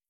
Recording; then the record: hydrophone in a shrimp aquaculture tank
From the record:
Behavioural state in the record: feeding